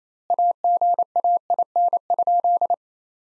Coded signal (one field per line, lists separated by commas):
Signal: Morse code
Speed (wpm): 27 wpm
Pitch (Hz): 700 Hz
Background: none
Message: AGAIN?